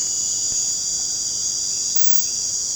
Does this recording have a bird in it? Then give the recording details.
no. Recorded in pastures near Puerto Asís, Putumayo, Colombia, on 30 June 2025 at 19:00. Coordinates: 0.472, -76.331. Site G095